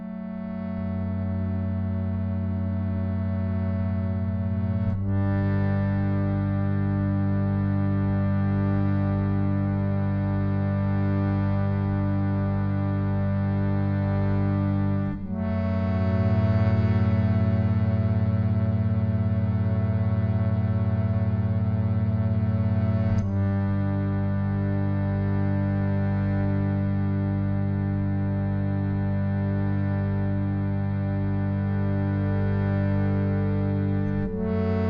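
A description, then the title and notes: A sound bath of dense, sustained droning tones that hum steadily with no pauses. The chord shifts to a new set of pitches at about 5, 15 and 23 seconds, each change swelling slightly, with a deep low hum underneath throughout. Sound bath.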